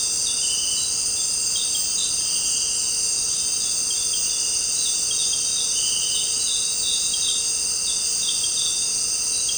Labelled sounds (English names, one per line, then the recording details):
none
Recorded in dense forest near Puerto Asís, Putumayo, Colombia, on 12 March 2025 at 18:30
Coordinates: 0.467, -76.328
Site G041